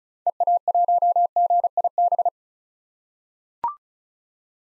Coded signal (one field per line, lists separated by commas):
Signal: Morse code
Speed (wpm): 34 wpm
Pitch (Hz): 700 Hz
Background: none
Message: EA1GIB